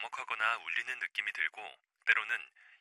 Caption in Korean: 저음형 난청은 남성 목소리처럼 낮은 음역대의 소리가 명확하게 들리지 않는 난청입니다. 귀가 먹먹하거나 울리는 느낌이 들고. 물속에 들어간 것처럼 귀에 물 들어가고 귀지가 꽉 박힌 것처럼 이어폰, 헤드폰을 아주 세게 꽂아 넣었을 때처럼 귀가 아주 먹먹하고 왕왕거리는 그런 소리를 들으실 수 있습니다. 급성 저음형 난청에서 초기에 나타나는 이 귀가 먹먹한 이 귀먹먹함.